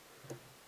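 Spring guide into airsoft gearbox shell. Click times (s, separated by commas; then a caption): 0.3 s. A plastic spring guide is pressed into its seat in an airsoft gearbox shell during reassembly. A single soft click at 0.3 s marks it clipping in, and the guide is confirmed properly seated.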